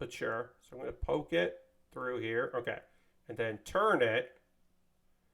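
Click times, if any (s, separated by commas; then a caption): none. A plastic model kit part is poked through a hole and turned to lock it into its twist-lock socket while someone talks, with speech filling most of the clip before it goes quiet near the end. No distinct click is heard and nothing has clicked or seated yet; the part fails to lock and comes out again.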